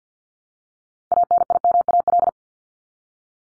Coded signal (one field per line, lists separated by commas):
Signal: Morse code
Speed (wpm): 50 wpm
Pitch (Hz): 700 Hz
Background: none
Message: ANIMAL